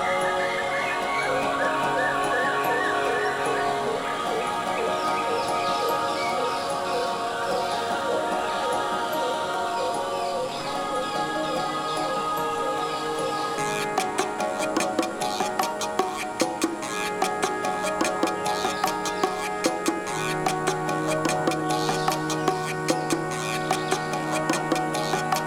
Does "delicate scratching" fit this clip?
no